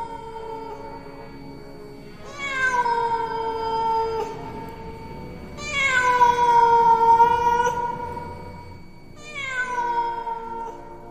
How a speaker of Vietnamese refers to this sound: tự nhiên lại nghe meo một tiếng khô khốc. Một con mèo đen chạy vụt qua đám lửa, làm cho đống tro tàn bay lên, tóe ra những cái lốm đốm quỷ dị.